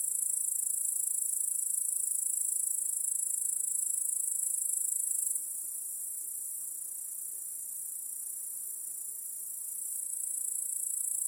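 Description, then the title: Crickets sustain a bright high trill, loud at first, then quieter after a sudden drop, building back near the end. Cricket chorus in a backyard at night. "Crickets in Your Backyard. Discovering the Sounds of Home"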